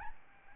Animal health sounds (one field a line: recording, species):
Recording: mosquito wingbeat signal from an infrared sensor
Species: Aedes albopictus